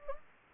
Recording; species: mosquito wingbeat signal from an infrared sensor; Anopheles gambiae